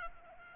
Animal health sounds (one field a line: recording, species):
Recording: mosquito wingbeat signal from an infrared sensor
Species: Aedes aegypti